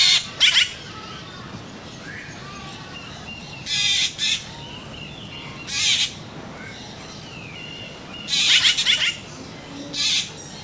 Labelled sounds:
San Blas Jay (Cyanocorax sanblasianus) call

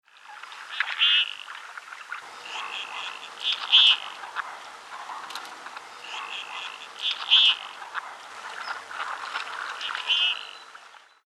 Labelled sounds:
Common Goldeneye (Bucephala clangula)

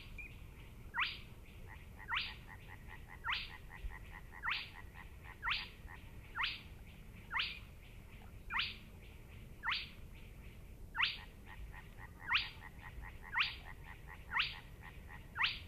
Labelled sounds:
Spotted Crake (Porzana porzana) song

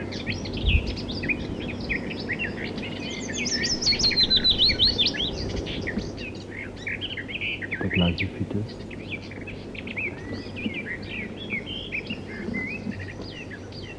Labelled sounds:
Garden Warbler (Sylvia borin) song

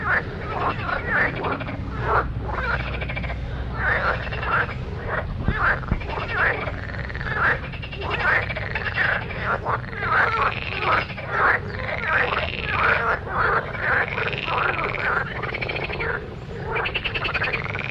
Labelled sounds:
Marsh Frog (Pelophylax ridibundus) call

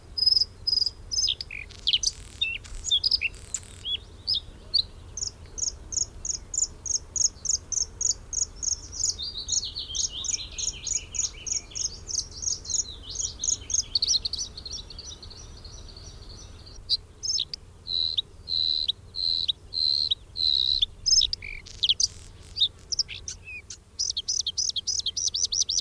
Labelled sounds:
Bluethroat (Luscinia svecica) song

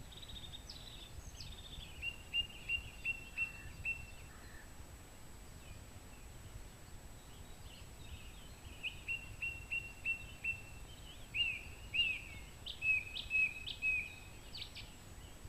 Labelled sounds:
Song Thrush (Turdus philomelos) song

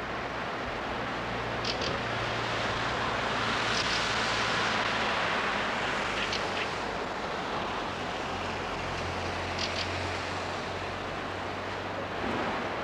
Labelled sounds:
Common Blackbird (Turdus merula) song

